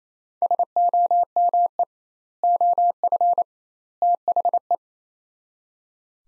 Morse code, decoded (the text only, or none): SOME OF THE